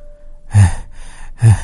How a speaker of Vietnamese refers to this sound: Hắn ta lấy lại tinh thần, mau chóng ổn định lại cơ thể, hít từng hơi một rồi thở hổn hển.